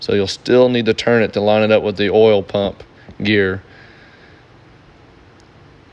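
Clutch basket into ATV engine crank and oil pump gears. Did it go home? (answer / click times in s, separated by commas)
no / none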